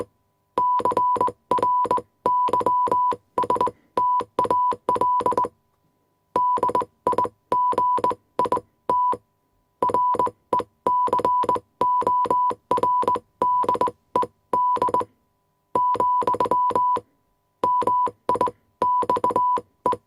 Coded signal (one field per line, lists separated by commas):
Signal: Morse code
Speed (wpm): 21 wpm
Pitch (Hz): 990 Hz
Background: none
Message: CRYSTAL DIGIT RECORDED, MIXE